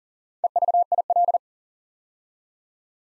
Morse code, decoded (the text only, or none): EVIL